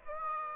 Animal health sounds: mosquito wingbeat signal from an infrared sensor; Aedes aegypti

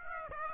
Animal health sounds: mosquito wingbeat signal from an infrared sensor; Aedes aegypti

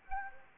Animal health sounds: mosquito wingbeat signal from an infrared sensor; Anopheles gambiae

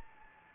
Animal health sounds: mosquito wingbeat signal from an infrared sensor; Anopheles gambiae

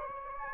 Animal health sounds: mosquito wingbeat signal from an infrared sensor; Anopheles gambiae

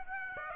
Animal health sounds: mosquito wingbeat signal from an infrared sensor; Aedes aegypti

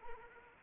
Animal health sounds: mosquito wingbeat signal from an infrared sensor; Anopheles arabiensis

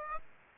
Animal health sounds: mosquito wingbeat signal from an infrared sensor; Aedes aegypti

